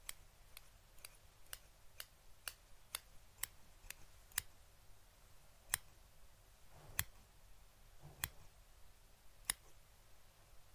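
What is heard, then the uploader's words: Sharp, crisp ticks and snips near a fluffy microphone, coming fast and evenly in the first four seconds, then sparser with a few louder, brighter clicks around five, eight and nine seconds. A low, soft rumble of rubbing sits underneath in a quiet room. TimASMR- ASMR ~BRAIN MELTING~ Fluffy Mic TRIGGERS (Scalp Massage, Brushing, No Talking).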